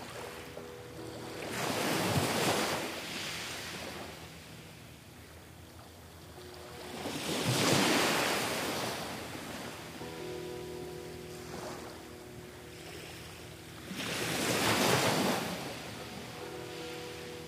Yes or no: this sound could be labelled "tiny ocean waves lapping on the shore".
yes